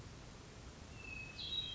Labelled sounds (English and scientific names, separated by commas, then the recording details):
Hermit Thrush (Catharus guttatus)
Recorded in Sonoma County, California